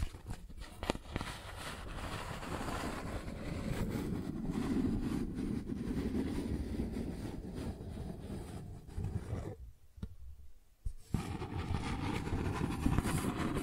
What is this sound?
Cardboard Scratching, Tracing, Tearing